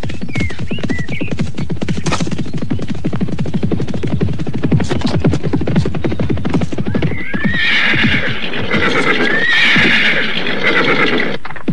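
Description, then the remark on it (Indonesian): Horses ridden by riders spurring them on gallop with a fast, steady drumming of hooves, then one gives a loud, high, wavering neigh that runs over the continuing hoofbeats. No one speaks. “Mereka berada di lima bagian sambil terus memacu kuda.”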